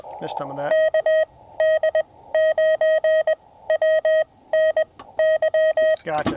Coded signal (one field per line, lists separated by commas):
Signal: Morse code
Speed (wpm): 20 wpm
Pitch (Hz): 1900 Hz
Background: speech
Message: KD9WNY